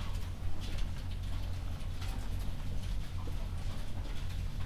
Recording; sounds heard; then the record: poultry house recording; healthy chickens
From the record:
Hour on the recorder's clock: 22